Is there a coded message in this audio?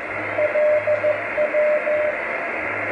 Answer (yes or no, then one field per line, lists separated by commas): yes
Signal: Morse code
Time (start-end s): 0.4-2.1 s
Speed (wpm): 15 wpm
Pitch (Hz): 600 Hz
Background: radio noise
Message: LW